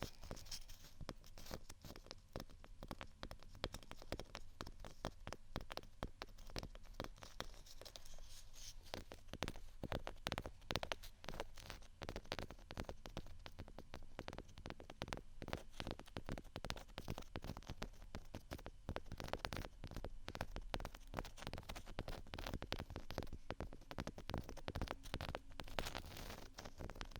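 Scratching and tapping on textured items fill the clip with dense, fast, irregular clicks and rasps that barely pause. A low, steady thump runs underneath like a beat, and the activity thins briefly around eight seconds before picking back up through the end.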